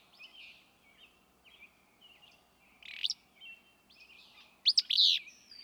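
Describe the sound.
Willow flycatcher giving two burry, explosive phrases, the second louder, amid quieter chirps.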